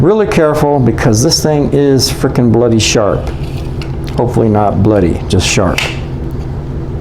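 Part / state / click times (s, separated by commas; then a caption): fighting knife blade into its sheath / not seated / none. A Boker Applegate-Fairbairn double-edged fighting knife is carefully slid, blade first, into its sheath while someone talks throughout. Faint handling sounds are heard under the voice. The blade has not yet clicked or locked into place; nothing has seated by the end of the clip.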